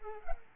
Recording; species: mosquito wingbeat signal from an infrared sensor; Culex pipiens